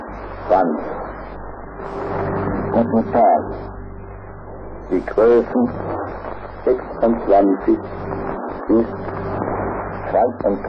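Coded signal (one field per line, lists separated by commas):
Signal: numbers station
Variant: G01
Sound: spoken words in short, fairly spaced bursts over noisy radio static with a hum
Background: radio static, hum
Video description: Full transmission of G1, the Tyrolean Music Station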